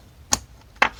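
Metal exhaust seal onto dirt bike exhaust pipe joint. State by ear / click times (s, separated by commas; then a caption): seated / 0.3 s, 0.8 s. A new metal exhaust seal, replacing a missing one that had been substituted with wrapped tape, is pressed onto the pipe joint of a 2-stroke Honda CR-125 dirt bike exhaust. Two sharp, bright snaps ring out at 0.3 s and 0.8 s over a quiet background as the seal snaps into place and is seated.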